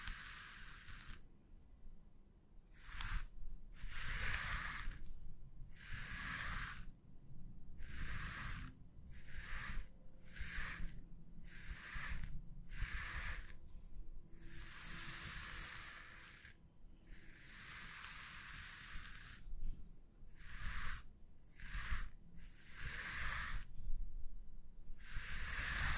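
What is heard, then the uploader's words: Hands scratch and stroke a surface in repeated bursts of dry, hissing friction, some brief and quick, others drawn out for a couple of seconds. Short silent gaps separate the strokes, and a soft low rumble runs underneath throughout. ASMR Invisible Triggers Tapping, scratching, squeezing, stroking Hand movements (no talking).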